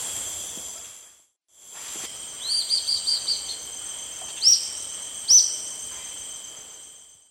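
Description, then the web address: Olive-faced Flatbill calling: a quick run of five short high notes, then two sharp upslurred notes about a second apart, over a steady high insect drone. Recorded in the eastern lowlands of South America. "Nature Songs S America Eastern Lowlands. Olive-faced Flatbill"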